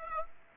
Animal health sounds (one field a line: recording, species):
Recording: mosquito wingbeat signal from an infrared sensor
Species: Aedes aegypti